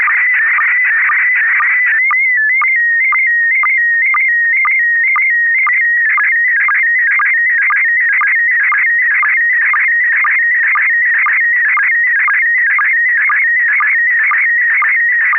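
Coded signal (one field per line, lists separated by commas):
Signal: SSTV (slow-scan television)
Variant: PD 120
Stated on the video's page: SSTV net on an FM repeater at 441.300 MHz, sent with MMSSTV software.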